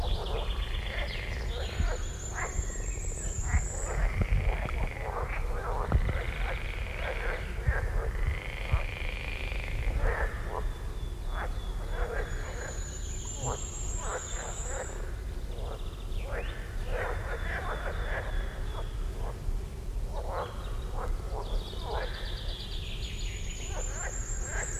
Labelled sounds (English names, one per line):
Edible Frog call